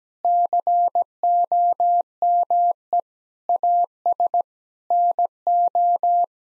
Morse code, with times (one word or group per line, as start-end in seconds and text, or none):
0.2-3.0 COME
3.5-4.4 AS
4.9-6.2 NO